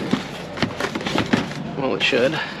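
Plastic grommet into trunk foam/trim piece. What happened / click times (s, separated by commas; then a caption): Handled, not yet home: the plastic grommet is still being worked toward the trunk panel / none. A plastic grommet is handled and pressed toward a hole in the trunk's spare-tire foam or trim piece of a 2016-2022 Prius during a spare tire retrofit. Brief handling taps and knocks come at about 0.6, 0.8, 1.0, 1.2 and 1.3 s while someone talks. Nothing has seated or clicked yet.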